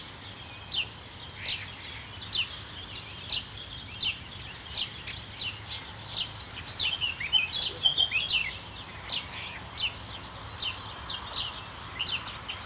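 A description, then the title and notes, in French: Field recording of wildlife from the Rovorée estate: several birds chirp and call in short, bright bursts, overlapping fairly densely through the whole clip. Calls cluster more busily around the middle, with a louder flurry near eight seconds, over a soft steady low hum. A base de field-recording, les espèces animales protégées du domaine de Rovorée s'y retrouvent représentées durant les différentes saisons.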